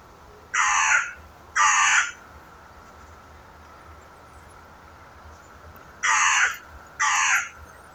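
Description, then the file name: Carrion crow giving two harsh caws, a pause of several seconds, then two more rough caws in a pair. "Corvus corone"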